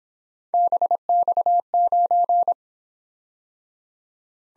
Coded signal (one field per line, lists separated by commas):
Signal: Morse code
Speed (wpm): 26 wpm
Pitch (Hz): 700 Hz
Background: none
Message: BX9